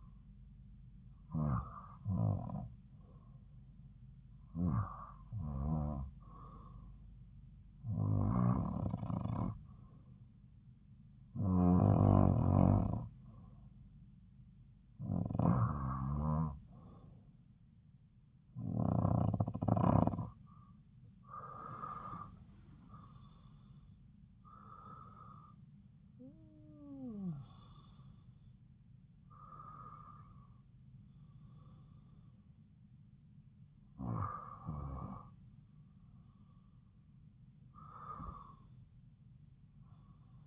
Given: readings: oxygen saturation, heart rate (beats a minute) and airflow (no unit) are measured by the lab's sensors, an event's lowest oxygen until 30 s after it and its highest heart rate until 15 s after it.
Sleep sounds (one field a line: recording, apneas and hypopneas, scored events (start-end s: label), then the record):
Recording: breathing in sleep by a smartphone at the bedside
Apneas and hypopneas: none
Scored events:
none scored
From the record:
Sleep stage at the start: REM sleep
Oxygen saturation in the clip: 91 to 93%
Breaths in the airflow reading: 11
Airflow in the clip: -8.2 to 7.8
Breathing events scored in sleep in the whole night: 270 in 6.1 hours asleep